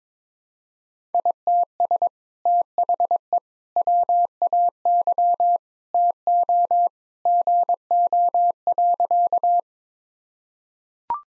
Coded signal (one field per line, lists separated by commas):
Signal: Morse code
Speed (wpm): 22 wpm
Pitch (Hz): 700 Hz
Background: none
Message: ITS THE WAY TO GO.